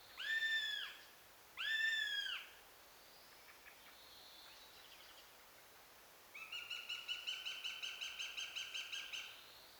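Eurasian goshawk with two drawn-out, drooping wailing calls, a pause, then a rapid run of harsh repeated kek notes.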